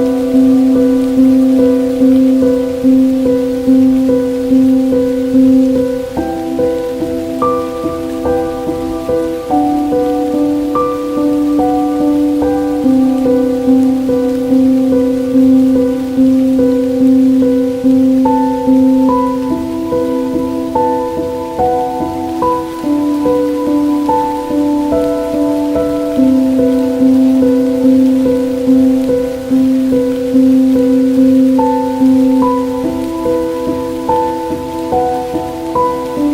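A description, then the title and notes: Steady, dense rain patters throughout beneath sustained low musical tones that shift to new notes every few seconds, with higher notes drifting above. Farm academia atmosphere with rain.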